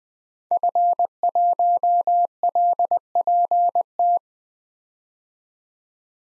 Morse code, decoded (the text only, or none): F1LPT